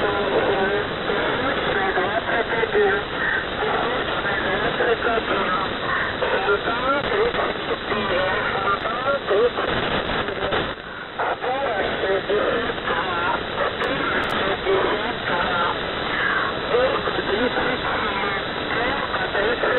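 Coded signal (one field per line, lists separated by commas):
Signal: coded military voice message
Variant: The Squeaky Wheel, Russian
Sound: a voice reading Russian words and numbers through hissy, band-limited shortwave audio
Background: radio static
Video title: The Squeaky Wheel | 15th August 2023 | "Dlya" Voice Message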